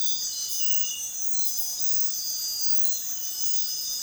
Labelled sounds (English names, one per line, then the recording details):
none
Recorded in dense forest near Puerto Asís, Putumayo, Colombia, on 20 February 2024 at 06:00
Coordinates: 0.502, -76.326
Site G6460